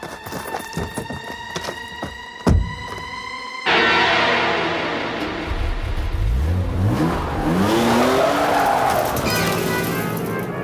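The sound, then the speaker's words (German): A car engine starts with a sharp burst, then revs loudly with rising and falling pitch as the car pulls away, a steady roar continuing to the end. No one speaks. “Halt ihn auf, bevor er beim Auto ist! Der Zündschlüssel. Wo ist der Zündschlüssel?”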